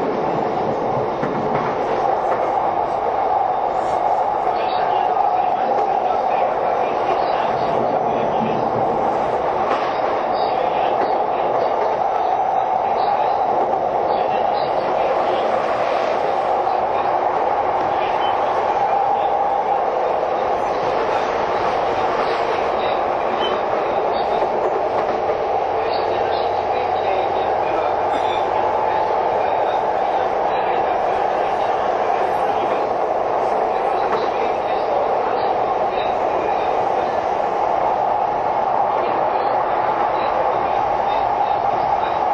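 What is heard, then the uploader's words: A train runs steadily with a constant mid-pitched rumble and whine, faint voices and brief rattles surfacing inside the carriage throughout. 相鉄12000系 相鉄・埼京線特急・普通 01/01:海老名～新宿. 相鉄・埼京線直通＂特急・普通＂の列車走行音. 収録年月:2019,12. Train running sound.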